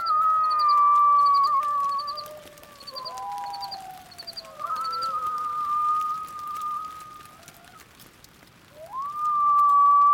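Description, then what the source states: Coyote howls: several overlapping drawn-out tones that slide up and down, with a break and a rising new howl near the end, over rapid high chirping early on. Recorded in the middle of the night during a brief bout of light rain in Organ Pipe National Monument, southern Arizona, late March 2017; binaural recording; coyotes were few there.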